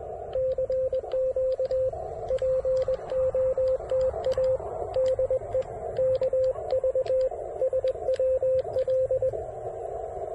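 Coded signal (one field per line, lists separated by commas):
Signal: Morse code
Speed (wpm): 20 wpm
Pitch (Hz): 520 Hz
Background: radio noise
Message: CQ POTA DE KVSWL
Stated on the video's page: Elecraft KX3 used for a park activation with QRPp calls at 100 mW, 1 watt and 5 watts.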